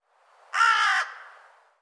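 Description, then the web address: Bird calling once with a harsh, buzzy caw lasting about half a second, fading gently afterward. "cianscape birddata Deverinetal 2025"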